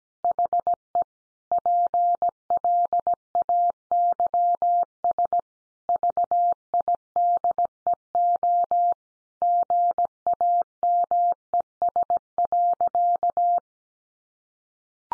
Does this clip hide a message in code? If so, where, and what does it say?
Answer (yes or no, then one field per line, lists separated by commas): yes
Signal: Morse code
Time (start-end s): 0.2-13.6 s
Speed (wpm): 17 wpm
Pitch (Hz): 700 Hz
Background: none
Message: HE PLAYS VIDEO GAMES.